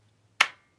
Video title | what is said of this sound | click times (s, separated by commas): Alien Gear Shape Shift: The IKEA Furniture of Holsters - Active Self Protection Extra | right so you got a firm click and | 0.4 s